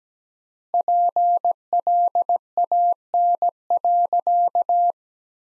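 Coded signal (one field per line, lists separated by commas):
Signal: Morse code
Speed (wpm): 17 wpm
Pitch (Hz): 700 Hz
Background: none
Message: PLAN.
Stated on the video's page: Morse code practice sentences from the top 500 words at 17 wpm with 3x standard word spacing.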